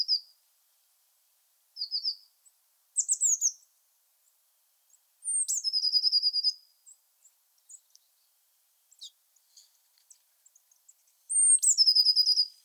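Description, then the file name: Blue tit singing high thin notes and short trills, with two fuller phrases of a sharp introductory note falling into a rapid trill; scattered faint chips between. "Cyanistes caeruleus"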